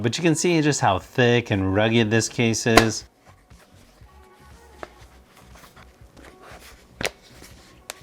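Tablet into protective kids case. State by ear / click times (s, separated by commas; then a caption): seated / 7.1 s, 7.9 s. Someone talks over background music, then an Amazon Fire Max 11 tablet is pressed into a thick, rugged blue kids' case with a kickstand. Sharp snaps are heard at 7.1 s and 7.9 s as the tablet seats in the case.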